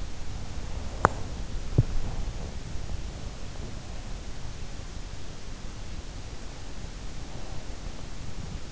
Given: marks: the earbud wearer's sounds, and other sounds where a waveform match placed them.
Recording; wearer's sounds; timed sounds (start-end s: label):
sounds in sleep by an in-ear microphone; breath, teeth grinding
0.70-2.64 s: breath
0.96-1.94 s: teeth grinding
6.78-8.72 s: breath